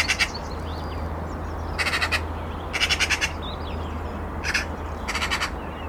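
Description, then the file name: Eurasian magpie giving dry rattling chatter in several short bursts, some doubled, against constant low-pitched rumble. "Pica pica"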